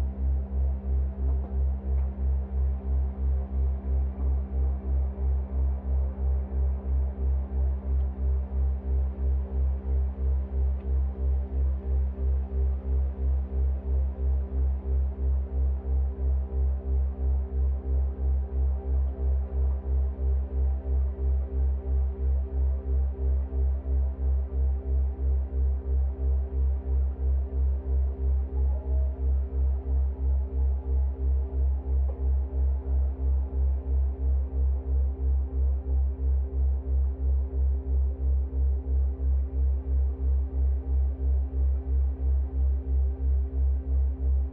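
A slowed dishwasher recording turned into a deep, steady drone with a rapid, regular pulsing throb, dark and low throughout.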